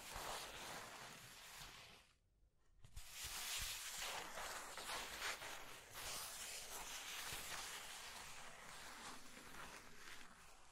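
Steady, dense scratching fills the clip with a bright, gritty rasp, broken by a short pause near the two-second mark. After it resumes, the scraping continues with small swells in loudness and a slightly softer stretch toward the end.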